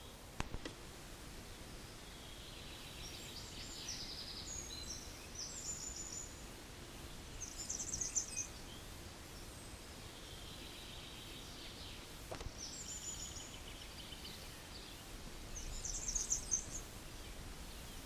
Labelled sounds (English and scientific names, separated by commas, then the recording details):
European Serin (Serinus serinus) song
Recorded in the wild
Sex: male
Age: adult
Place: Bielefeld-Gadderbaum, Teutoburger Wald, Nordrhein-Westfalen, DE
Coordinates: 52.0147, 8.51
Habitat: park
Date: 1967-06-04
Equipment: Uher 4000 Report-S, Bändchenmikro Beyer M 260, Parabolspiegel Polyester (470 mm)
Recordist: Conrads, Klaus